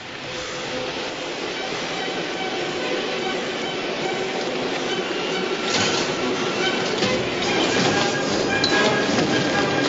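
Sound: moving subway train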